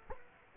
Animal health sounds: mosquito wingbeat signal from an infrared sensor; Culex quinquefasciatus

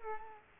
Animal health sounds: mosquito wingbeat signal from an infrared sensor; Culex quinquefasciatus

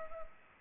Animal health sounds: mosquito wingbeat signal from an infrared sensor; Culex pipiens

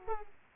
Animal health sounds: mosquito wingbeat signal from an infrared sensor; Aedes aegypti

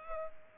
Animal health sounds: mosquito wingbeat signal from an infrared sensor; Culex pipiens

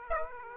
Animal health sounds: mosquito wingbeat signal from an infrared sensor; Aedes aegypti

